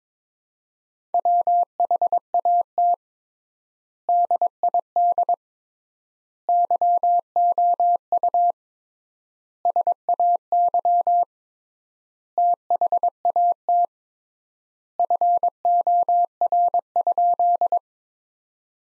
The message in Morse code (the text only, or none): WHAT DID YOU SAY THAT FOR?